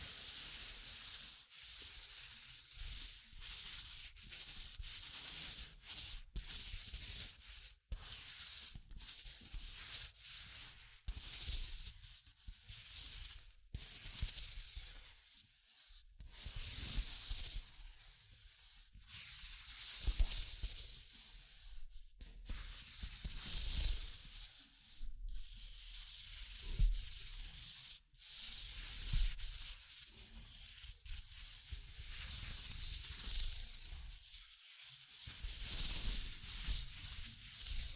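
Scratching and tracing sounds, a dry, bright rubbing like sanding that runs almost without pause through the clip. The texture swells and thins in uneven strokes, broken by brief gaps and a few sharper taps, with a low rumble underneath.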